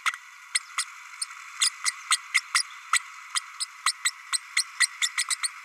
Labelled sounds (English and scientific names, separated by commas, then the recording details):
Green-rumped Parrotlet (Forpus passerinus) babbling
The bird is a female
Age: 32 days
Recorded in a nest box in Venezuela
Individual 17B32A5